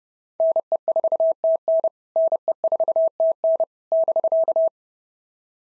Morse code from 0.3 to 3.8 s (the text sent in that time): NE4TN NE4TN